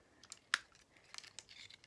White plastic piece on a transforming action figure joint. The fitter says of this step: and you'll hear it click.